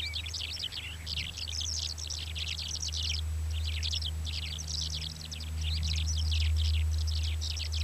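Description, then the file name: Mongolian lark singing in dense, bubbling bursts of high twittering notes, nearly unbroken, against a steady low droning noise. Male song with other males singing in the background. "Melanocorypha mongolica song background-other-male"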